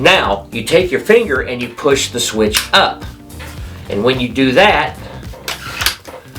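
Someone talks while the bolt of an SSG11 airsoft sniper rifle, already slid back into the receiver with the switch in front of the trigger held down, is locked by pushing that switch up. A sharp click at 5.5 s marks the bolt locking in place, followed by a few softer knocks.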